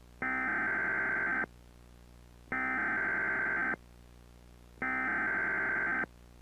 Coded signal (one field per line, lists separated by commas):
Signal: Emergency Alert System (SAME) tones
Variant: header bursts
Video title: TMYK and Dixdos EAS Scenario Orange Night II